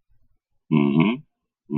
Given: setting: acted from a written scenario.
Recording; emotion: vocal sound without words; neutral